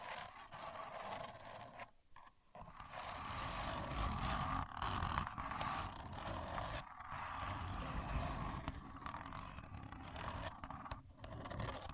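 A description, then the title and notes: A contour gauge being used, its pins sliding and scraping in a dense, rustling clatter that runs nearly throughout. Brief near-silent gaps fall around two and seven seconds, with short dips near eleven, while a steady low rumble sits underneath. Using A Contour Gauge (No Talking).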